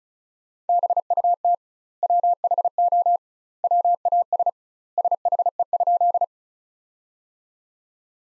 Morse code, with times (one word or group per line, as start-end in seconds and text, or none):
0.7-1.5 BUT
2.0-3.2 WHO
3.6-4.5 WAS
5.0-6.2 SHE?